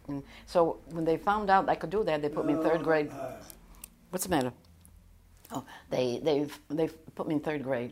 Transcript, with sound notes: So when they found out I could do that they put me in third grade. ( voice off mike ) What's the matter? They put me in third grade.